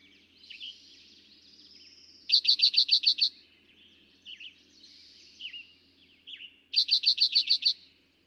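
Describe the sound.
Eastern towhee delivering two songs, each a rapid burst of about eight bright, evenly spaced notes, while other birds chip and twitter softly in the background.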